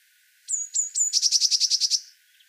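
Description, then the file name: Eurasian blue tit giving thin, high descending notes that lead into a rapid series of about nine buzzy churring notes. "Cyanistes caeruleus"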